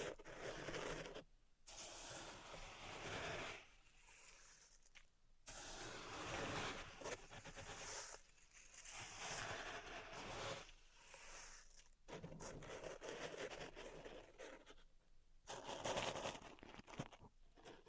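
Pink salt is raked and stirred in a zen garden, a dense, gritty scraping and crunching that runs in long strokes of several seconds each. Brief silent gaps fall near 1.5, 4, 5.5, 12 and 15 seconds between the passes.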